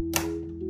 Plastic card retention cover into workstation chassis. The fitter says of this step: This officially locks our card into place.